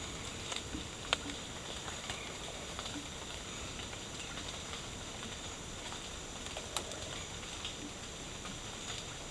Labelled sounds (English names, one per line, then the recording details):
none
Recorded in dense forest near Puerto Asís, Putumayo, Colombia, on 9 March 2025 at 12:30
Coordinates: 0.467, -76.328
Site G041